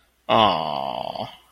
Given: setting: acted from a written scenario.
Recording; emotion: vocal sound without words; embarrassment